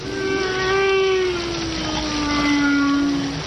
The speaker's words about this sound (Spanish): Es el cantar de las ballenas.